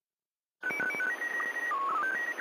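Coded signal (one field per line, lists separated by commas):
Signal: SSTV (slow-scan television)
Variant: PD 120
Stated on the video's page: Slow Scan TV net on 145.390, live stream.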